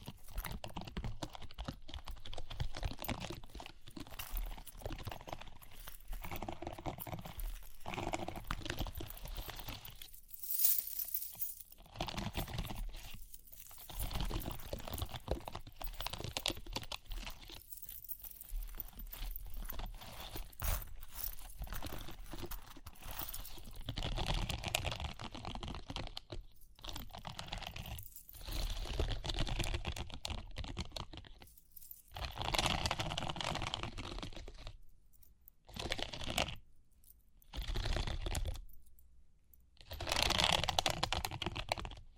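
Close tapping and scratching on a microphone, dense and irregular like typing, with crinkly bursts, brief silent gaps, and louder rustles near the end.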